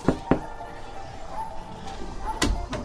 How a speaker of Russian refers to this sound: Дойдя до одного дома, Василь постучал несколько раз в окно.